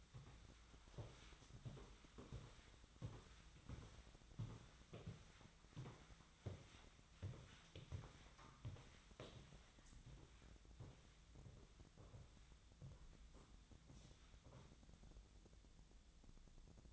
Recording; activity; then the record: daily activity, microphone in the room; walk to room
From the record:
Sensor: 3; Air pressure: 1010.0 hPa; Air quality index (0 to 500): 183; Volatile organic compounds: 13 ppm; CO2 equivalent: 2390 ppm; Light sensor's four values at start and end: 42/103/45/48 and 43/105/46/49